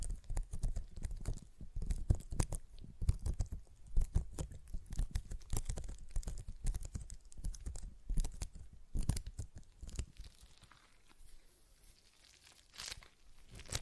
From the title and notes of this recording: ASMR Relaxing Stress Ball Sounds (No Talking).